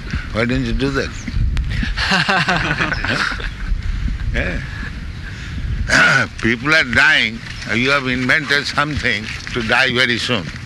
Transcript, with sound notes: Why don't you do that?" [laughter] Yes. "People are dying, and you have invented something to die very soon.